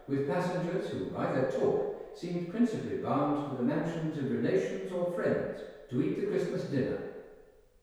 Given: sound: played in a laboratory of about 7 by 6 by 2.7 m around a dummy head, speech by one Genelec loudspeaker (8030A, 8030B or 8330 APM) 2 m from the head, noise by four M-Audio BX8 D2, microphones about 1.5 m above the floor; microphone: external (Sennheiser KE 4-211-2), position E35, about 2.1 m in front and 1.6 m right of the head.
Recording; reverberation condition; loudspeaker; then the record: male speech in English; high; 60 degrees to the left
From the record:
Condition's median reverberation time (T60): about 1300 ms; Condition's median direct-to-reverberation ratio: about -4.0 dB